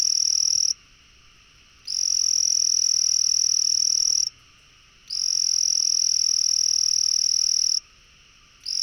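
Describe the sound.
Frog repeating long, even, high-pitched trills of two to three seconds, each followed by a brief pause of about a second.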